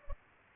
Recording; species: mosquito wingbeat signal from an infrared sensor; Culex pipiens